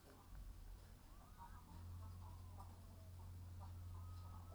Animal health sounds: poultry house recording; healthy chickens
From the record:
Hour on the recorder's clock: 15

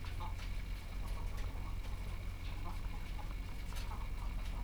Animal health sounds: poultry house recording; sick chickens (respiratory disease)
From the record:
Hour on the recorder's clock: 14

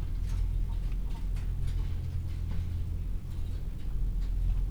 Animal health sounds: poultry house recording; healthy chickens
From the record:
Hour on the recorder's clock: 15

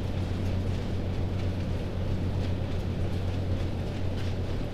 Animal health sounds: poultry house recording; no chicken sound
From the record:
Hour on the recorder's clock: 21

